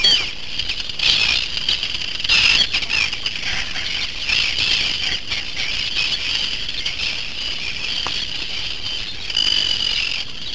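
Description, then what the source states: Arctic terns giving a dense chorus of harsh, high grating calls from many birds at once, overlapping continuously with scattered sharper cries and faint wing or wind rustle. Many birds at an airfield in the West Fjords, Iceland, 27-29 June; disturbed by a car, they fly up and dive at the car and a person, aggressively attacking.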